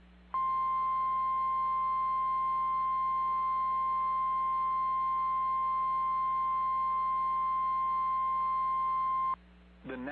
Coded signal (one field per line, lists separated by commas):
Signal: Emergency Alert System (SAME) tones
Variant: 1050 Hz attention tone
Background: speech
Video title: EAS PDS tornado warning for Saint James AR, Bethesda AT and, Desha AR! (happened yesterday) #arwx